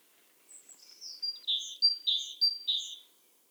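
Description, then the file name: Great tit calling with a descending sequence of high chirps settling into three alternating pairs of thin whistled and buzzier notes. "Parus major"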